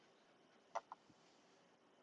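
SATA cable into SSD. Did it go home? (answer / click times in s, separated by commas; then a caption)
no / none. A SATA cable is pushed onto an SSD in a drive cage, where a click is expected. Over a steady hiss, two short taps land at about 0.8 and 0.9 seconds, followed by a faint low thump near 1.1 seconds. The connector has not clicked or seated yet, so the push is tried again.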